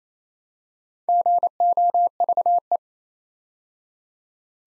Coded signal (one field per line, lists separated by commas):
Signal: Morse code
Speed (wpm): 28 wpm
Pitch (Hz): 700 Hz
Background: none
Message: GOVE